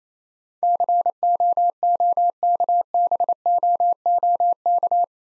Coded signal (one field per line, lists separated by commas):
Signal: Morse code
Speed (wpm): 27 wpm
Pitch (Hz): 700 Hz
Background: none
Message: COOKBOOK